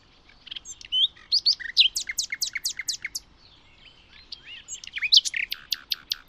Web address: birddata Deverinetal 2025 Bird Only Lu Me